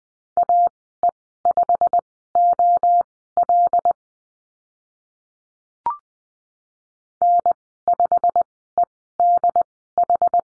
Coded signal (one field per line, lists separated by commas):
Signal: Morse code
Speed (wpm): 20 wpm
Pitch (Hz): 700 Hz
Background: none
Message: AE5OL N5EDH